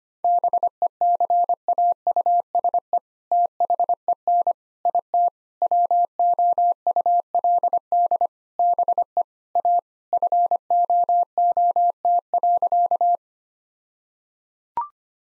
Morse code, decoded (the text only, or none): BECAUSE THEN IT WOULD BE A FOOT.